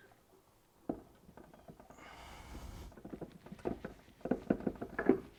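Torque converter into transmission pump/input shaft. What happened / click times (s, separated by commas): The heavy rotating part dropped onto its final engagement / 4.5 s, 5.0 s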